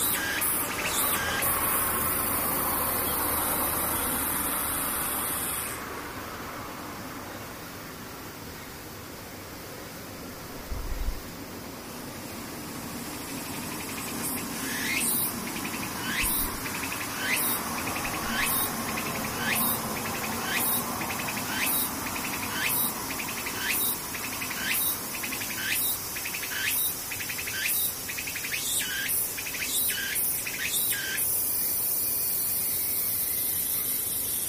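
A cicada buzzes briefly, falls quiet, then returns with sharp, evenly spaced rasping pulses about once a second over a low traffic rumble.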